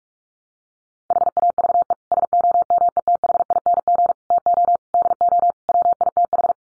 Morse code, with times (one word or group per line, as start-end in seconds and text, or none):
1.1-1.9 HAVE
2.1-4.1 SOMETHING
4.3-4.8 TO
4.9-5.5 DO
5.7-6.5 WITH